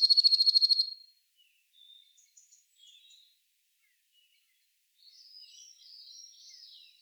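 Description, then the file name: Eurasian blue tit churring, a quick run of buzzy pulses lasting about a second, followed by soft scattered high calls. "Cyanistes caeruleus"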